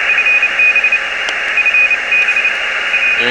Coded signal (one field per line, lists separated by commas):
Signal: Morse code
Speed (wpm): 26 wpm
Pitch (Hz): 2500 Hz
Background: speech, radio noise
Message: FB FB R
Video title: r1cbu software on XIEGU X6100 ham radio! ft8 no pc